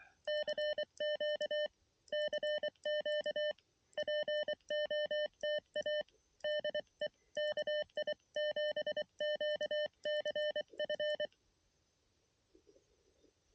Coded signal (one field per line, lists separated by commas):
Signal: Morse code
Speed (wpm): 23 wpm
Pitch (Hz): 600 Hz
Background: none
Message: CQ CQ POTA DE KI7QCF